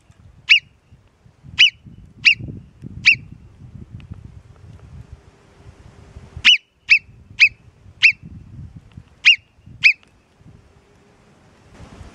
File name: Marmotta (Marmota marmota)